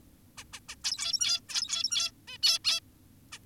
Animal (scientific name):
Taeniopygia guttata